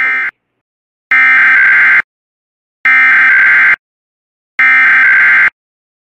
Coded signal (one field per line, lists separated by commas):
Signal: Emergency Alert System (SAME) tones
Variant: header bursts